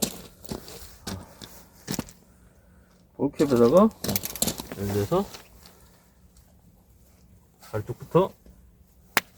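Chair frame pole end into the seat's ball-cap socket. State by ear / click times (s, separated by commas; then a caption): seated / 9.2 s. A pole end from a folding camp chair's frame is fitted into the seat's ball-cap socket, starting from the lower side, while someone talks. The pole seats with one sharp snap at 9.2 s.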